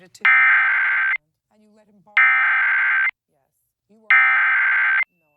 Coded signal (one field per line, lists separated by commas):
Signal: Emergency Alert System (SAME) tones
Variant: header bursts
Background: speech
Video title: EAS #823: EAS 911 Telephone Outage Emergency- June 9, 2023- 3:28PM PDT